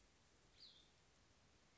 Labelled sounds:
Cassin's Vireo
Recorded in Sonoma County, California

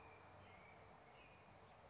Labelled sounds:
Chestnut-backed Chickadee
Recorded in Sonoma County, California

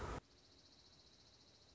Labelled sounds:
Dark-eyed Junco
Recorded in Sonoma County, California

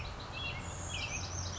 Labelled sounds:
American Robin
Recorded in Sonoma County, California

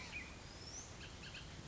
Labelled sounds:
Bullock's Oriole
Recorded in Sonoma County, California

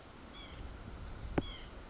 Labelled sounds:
White-breasted Nuthatch
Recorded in Sonoma County, California

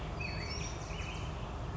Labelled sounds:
Black-headed Grosbeak
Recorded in Sonoma County, California

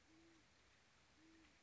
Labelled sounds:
Great Horned Owl
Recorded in Sonoma County, California

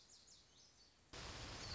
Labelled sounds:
Lazuli Bunting
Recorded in Sonoma County, California

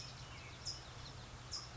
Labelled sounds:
California Towhee
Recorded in Sonoma County, California

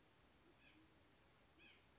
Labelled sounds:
Band-tailed Pigeon
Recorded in Sonoma County, California

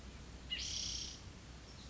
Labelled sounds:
Pacific Wren
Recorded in Sonoma County, California

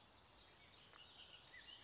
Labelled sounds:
Bullock's Oriole
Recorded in Sonoma County, California

